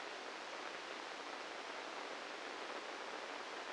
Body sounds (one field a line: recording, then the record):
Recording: brain microelectrode recording played as sound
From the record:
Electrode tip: inside the subthalamic nucleus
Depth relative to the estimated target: -4 mm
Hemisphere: right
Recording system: NeuroSet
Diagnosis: Parkinson's disease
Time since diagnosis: 13 years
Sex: male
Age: 65 years